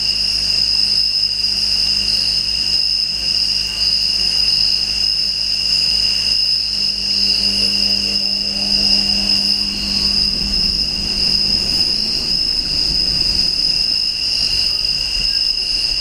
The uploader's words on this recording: The sound of Crickets at night time.